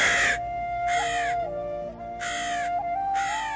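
A black raven, landed on the window of a hut, caws four times in harsh, raspy bursts spaced about a second apart, loud and clear over a faint, steady background hum.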